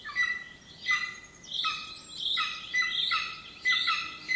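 Bird song with rapid, overlapping chattering phrases and sustained tones, delivered in quick succession over a few seconds.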